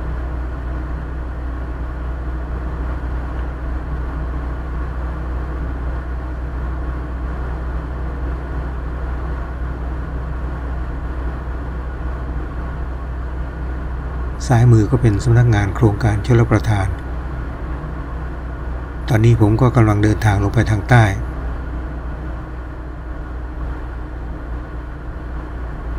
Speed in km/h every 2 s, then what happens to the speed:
59, 59, 58, 60, 59, 59, 60, 60, 59, 59, 59, 58, 57.
0-26 steady at about 59.